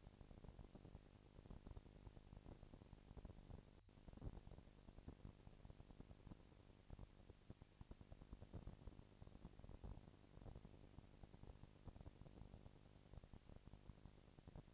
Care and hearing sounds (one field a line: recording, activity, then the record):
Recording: daily activity, microphone in the room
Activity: no activity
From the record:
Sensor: 5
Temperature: 19.8 degrees Celsius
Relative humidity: 36.7%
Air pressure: 997.1 hPa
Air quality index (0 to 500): 169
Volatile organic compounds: 14 ppm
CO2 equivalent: 2439 ppm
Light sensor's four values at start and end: 2/3/1/1 and 2/3/1/1